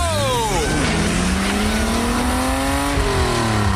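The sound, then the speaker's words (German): Race car number 12 accelerates out of the pit lane after getting new wheels, its loud engine whine dipping at a gear change, then climbing steadily in pitch before another shift near the end. “Achtung, Wagen Nummer 12 biegt in die Boxengasse ein. Das Auto läuft klasse.”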